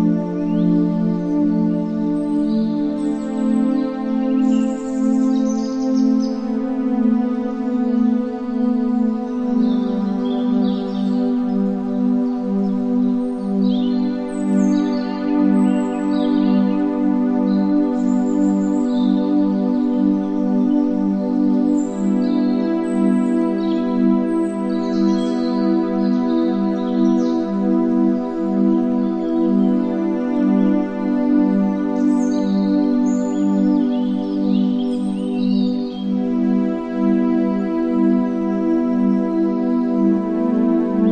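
Steady, full music of sustained low and middle tones fills the whole recording, with faint, brief bird chirps scattered high above throughout.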